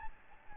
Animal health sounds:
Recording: mosquito wingbeat signal from an infrared sensor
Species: Aedes albopictus

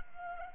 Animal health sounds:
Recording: mosquito wingbeat signal from an infrared sensor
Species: Culex pipiens

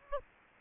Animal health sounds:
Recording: mosquito wingbeat signal from an infrared sensor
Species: Aedes aegypti

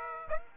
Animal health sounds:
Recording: mosquito wingbeat signal from an infrared sensor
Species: Aedes aegypti

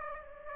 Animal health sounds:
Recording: mosquito wingbeat signal from an infrared sensor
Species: Aedes aegypti

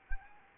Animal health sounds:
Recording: mosquito wingbeat signal from an infrared sensor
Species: Anopheles arabiensis

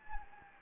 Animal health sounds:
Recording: mosquito wingbeat signal from an infrared sensor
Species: Anopheles gambiae

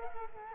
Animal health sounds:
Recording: mosquito wingbeat signal from an infrared sensor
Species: Culex quinquefasciatus

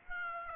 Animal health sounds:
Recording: mosquito wingbeat signal from an infrared sensor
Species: Aedes aegypti

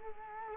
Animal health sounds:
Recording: mosquito wingbeat signal from an infrared sensor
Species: Culex quinquefasciatus

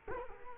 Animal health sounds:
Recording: mosquito wingbeat signal from an infrared sensor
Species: Culex quinquefasciatus

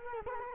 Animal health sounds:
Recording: mosquito wingbeat signal from an infrared sensor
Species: Culex quinquefasciatus

